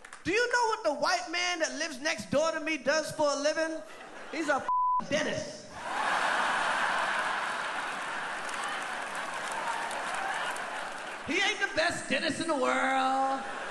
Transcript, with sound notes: Do you know what the white man that lives next door to me does for a living? He's a (beep) dentist.
He ain't the best dentist in the world.